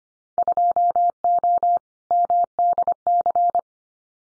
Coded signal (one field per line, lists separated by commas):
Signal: Morse code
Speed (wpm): 25 wpm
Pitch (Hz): 700 Hz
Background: none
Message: 2O MDC